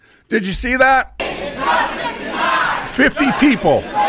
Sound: chanting

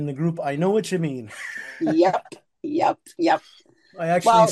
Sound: laughs

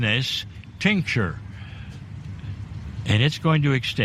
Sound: car engine

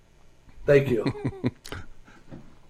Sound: laughs

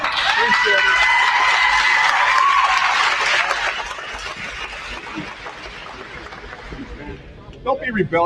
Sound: clapping

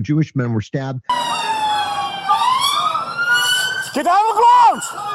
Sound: sirens

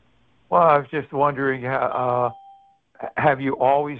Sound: bell dings

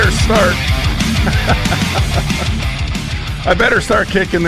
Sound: laughs

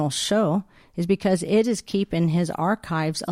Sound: none

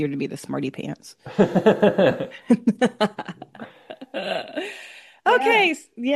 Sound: laughs

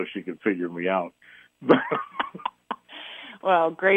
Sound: laughs

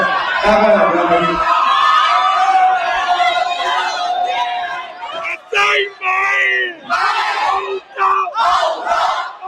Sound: cheering

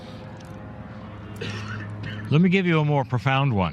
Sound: coughs

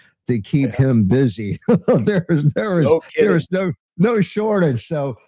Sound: laughs

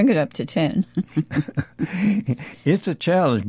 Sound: laughs

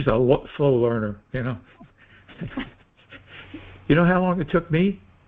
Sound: laughs

